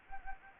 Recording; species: mosquito wingbeat signal from an infrared sensor; Anopheles gambiae